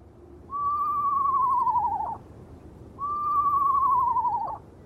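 Eastern Screech Owl giving a long whistled tremolo trill, slightly falling in pitch, twice.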